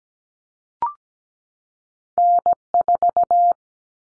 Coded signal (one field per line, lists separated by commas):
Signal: Morse code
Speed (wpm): 17 wpm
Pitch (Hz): 700 Hz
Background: none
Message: N4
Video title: Callsign Prefixes for Top 25 DXCC 17wpm